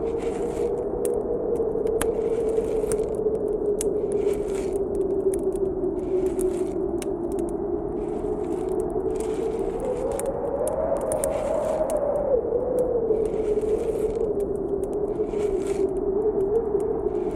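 Wind roars steadily through a cave, a dense low rumble with a hollow howling tone that wavers and swells higher around the middle before settling back. Gusty bursts of airy hiss flare up and fade throughout, over a constant, rough background.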